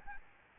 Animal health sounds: mosquito wingbeat signal from an infrared sensor; Aedes albopictus

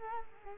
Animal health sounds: mosquito wingbeat signal from an infrared sensor; Culex quinquefasciatus

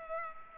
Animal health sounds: mosquito wingbeat signal from an infrared sensor; Culex pipiens

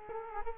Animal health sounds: mosquito wingbeat signal from an infrared sensor; Culex quinquefasciatus

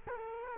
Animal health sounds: mosquito wingbeat signal from an infrared sensor; Culex quinquefasciatus

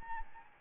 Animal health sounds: mosquito wingbeat signal from an infrared sensor; Anopheles arabiensis

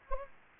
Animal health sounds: mosquito wingbeat signal from an infrared sensor; Anopheles gambiae

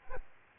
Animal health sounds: mosquito wingbeat signal from an infrared sensor; Aedes aegypti

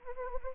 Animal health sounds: mosquito wingbeat signal from an infrared sensor; Anopheles arabiensis

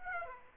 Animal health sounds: mosquito wingbeat signal from an infrared sensor; Aedes aegypti

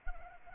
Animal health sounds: mosquito wingbeat signal from an infrared sensor; Anopheles arabiensis

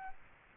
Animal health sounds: mosquito wingbeat signal from an infrared sensor; Aedes aegypti

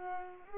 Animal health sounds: mosquito wingbeat signal from an infrared sensor; Culex pipiens

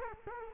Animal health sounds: mosquito wingbeat signal from an infrared sensor; Culex quinquefasciatus

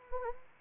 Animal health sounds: mosquito wingbeat signal from an infrared sensor; Anopheles arabiensis

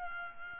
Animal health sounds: mosquito wingbeat signal from an infrared sensor; Aedes albopictus

